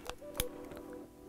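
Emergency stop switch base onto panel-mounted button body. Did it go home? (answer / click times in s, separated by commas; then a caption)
yes / 0.1 s, 0.4 s. The plastic base of an emergency stop switch is pushed back onto the panel-mounted button body after the button has been put through the panel mounting hole and the locking nut screwed on. Two sharp clicks are heard at 0.1 s and 0.4 s, the second louder, over a faint steady background hum. The base clicks back into position and is seated.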